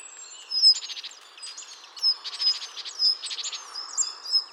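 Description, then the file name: Great tit calls: several short buzzy churrs with thin high whistles. "Parus major"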